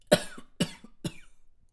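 Three short, harsh coughs from an adult come at about half-second intervals, each a sudden burst that fades quickly, in a quiet small room.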